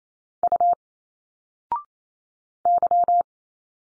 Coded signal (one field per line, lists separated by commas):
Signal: Morse code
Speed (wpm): 27 wpm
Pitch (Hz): 700 Hz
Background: none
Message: U Y